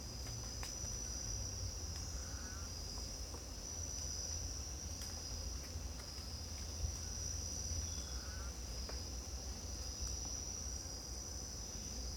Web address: GDC 2019-Game Audio Bundle Pole Position - Costa Rica Jungle Rainforest Jungle,Costa Rica,Morning,Insect Bed,Distant Bird Calls